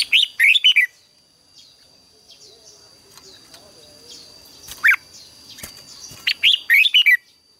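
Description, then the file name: Red-whiskered bulbul song: a lively warbled phrase opens, then a single sharp note and another rippling phrase near the end, over a thin steady high hum. "Tieng chao mao hot"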